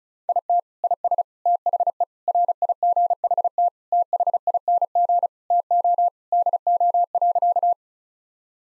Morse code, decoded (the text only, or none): IT IS THE RIGHT THING TO DO.